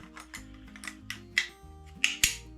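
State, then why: Seated. Soldered cable contacts are pushed into a plastic high-amp housing of a heavy-duty battery connector. Faint taps and handling sounds are followed by two sharp clicks at 1.4 s and 2.0 s, then another sharp knock. The contacts seat in the housing.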